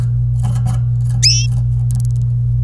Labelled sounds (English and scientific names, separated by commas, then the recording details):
Domestic Canary (Serinus canaria) song
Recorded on 26 April 2018 at 05:48
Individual llb3